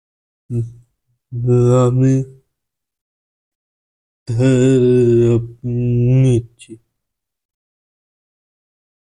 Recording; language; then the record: elicited speech; Bengali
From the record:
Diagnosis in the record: Broca's or global aphasia after a stroke